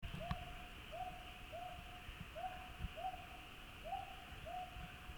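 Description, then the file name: Northern boobook song: a steady series of soft hoots over a constant high hum and low rumble. "aobazuku"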